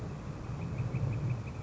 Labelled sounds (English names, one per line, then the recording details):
Northern Flicker
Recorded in Sonoma County, California